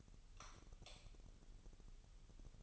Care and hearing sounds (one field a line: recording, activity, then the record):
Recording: daily activity, microphone in the room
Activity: light off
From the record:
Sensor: 4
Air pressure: 989.2 hPa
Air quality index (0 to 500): 220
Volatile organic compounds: 76 ppm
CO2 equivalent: 3572 ppm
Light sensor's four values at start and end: 27/92/34/35 and 24/80/30/30